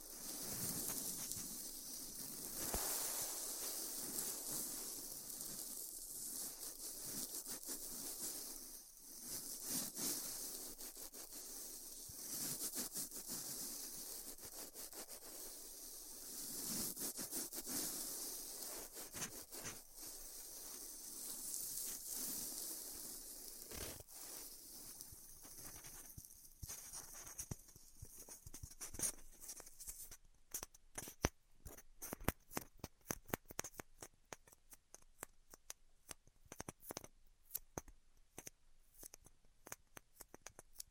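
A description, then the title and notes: Styrofoam being heat cut, with a steady hiss and crackle for the first half minute, bright and dense, swelling and easing in waves. Around 30 seconds it thins into scattered sharp clicks and snaps, irregular and fast, with quieter gaps between them. ASMR Styrofoam Heat Cutting (No Talking).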